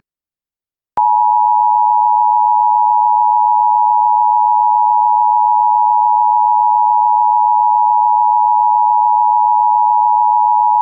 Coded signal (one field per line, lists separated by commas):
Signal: Emergency Alert System (SAME) tones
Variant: 853 and 960 Hz attention tone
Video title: Cincinnati, OH FFW EAS Mock